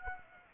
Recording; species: mosquito wingbeat signal from an infrared sensor; Aedes aegypti